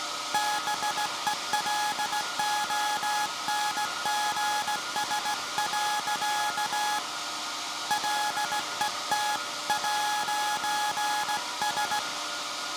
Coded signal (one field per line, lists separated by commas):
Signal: Morse code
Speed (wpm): 17 wpm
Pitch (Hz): 840 Hz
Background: none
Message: BELONGS. LET'S